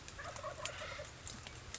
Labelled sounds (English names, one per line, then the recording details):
Wild Turkey
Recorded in Sonoma County, California